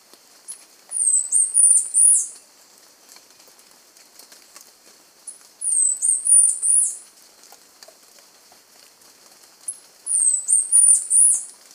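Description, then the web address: Chestnut-capped brush finch repeating a thin, very high, squeaky phrase three times, about every four and a half seconds, between quiet gaps. Recorded in Ecuador, South America. "Natures Songs S America Birds of Ecuador Chestnut-capped Brush-Finch"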